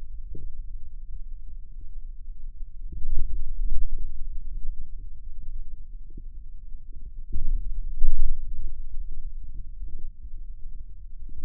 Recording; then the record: forearm muscle sounds (acoustic myography)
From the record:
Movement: wrist extension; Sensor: system 2, bracelet of six BSWA MPA416 microphones around the upper forearm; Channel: 6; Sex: male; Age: 22 years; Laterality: right